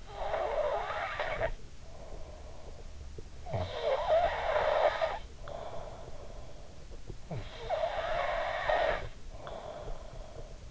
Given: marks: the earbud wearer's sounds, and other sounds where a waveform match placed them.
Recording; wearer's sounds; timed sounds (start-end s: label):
sounds in sleep by an in-ear microphone; snoring breath
0.00-2.95 s: snoring breath
3.18-6.46 s: snoring breath
7.15-10.71 s: snoring breath